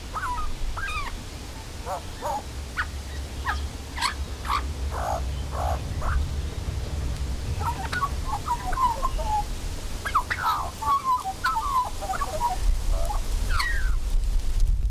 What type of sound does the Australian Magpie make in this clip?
song